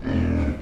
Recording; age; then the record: pig call; growing-finishing pig (85 days or more)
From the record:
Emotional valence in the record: negative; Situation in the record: barren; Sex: female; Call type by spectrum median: low-frequency call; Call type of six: low-frequency stable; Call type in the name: low-frequency stable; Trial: 1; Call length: 0.62 s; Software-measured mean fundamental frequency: 41 Hz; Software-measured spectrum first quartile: 92 Hz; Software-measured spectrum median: 206 Hz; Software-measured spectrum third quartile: 371 Hz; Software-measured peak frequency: 259 Hz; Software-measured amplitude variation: 160 dB a second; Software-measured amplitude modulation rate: 33.3 a second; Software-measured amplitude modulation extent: 4.8 dB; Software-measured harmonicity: -1.8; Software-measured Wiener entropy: -0.77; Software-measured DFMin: 677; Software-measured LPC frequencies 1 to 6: 1674, 2289, 2948, 3866, 4550, 5394 Hz